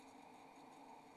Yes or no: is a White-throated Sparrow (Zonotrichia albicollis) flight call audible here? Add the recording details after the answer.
no. No flight call is heard. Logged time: 01:32 on 28 November 2014